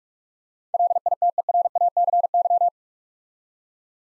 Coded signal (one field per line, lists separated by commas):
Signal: Morse code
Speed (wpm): 44 wpm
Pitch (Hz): 700 Hz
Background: none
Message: LITERACY